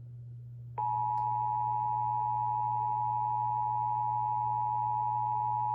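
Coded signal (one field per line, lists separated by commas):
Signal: Emergency Alert System (SAME) tones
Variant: 853 and 960 Hz attention tone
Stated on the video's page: Weekly tests on the Emergency Alert System.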